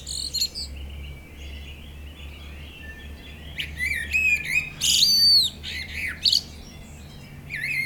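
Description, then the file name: Common blackbird phrases of whistled notes and high squeaks over a steady low hum, with a loud scratchy burst midway through. "Turdus merula"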